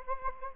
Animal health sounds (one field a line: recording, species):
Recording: mosquito wingbeat signal from an infrared sensor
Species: Anopheles gambiae